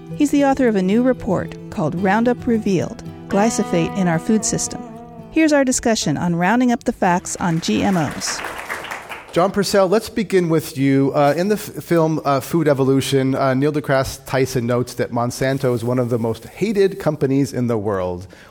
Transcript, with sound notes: He’s the author of a new report: Roundup Revealed: Glyphosate in our Food System.
Here’s our discussion on rounding up the facts on GMOs.
[Applause]
John Purcell, let's begin with you. In the film Food Evolution, Neil deGrasse Tyson notes that Monsanto is one of the most hated companies in the world.